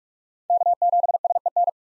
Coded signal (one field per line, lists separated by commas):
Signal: Morse code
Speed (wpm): 45 wpm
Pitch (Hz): 700 Hz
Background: none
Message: K7SEN